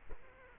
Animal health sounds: mosquito wingbeat signal from an infrared sensor; Culex quinquefasciatus

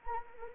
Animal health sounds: mosquito wingbeat signal from an infrared sensor; Anopheles arabiensis

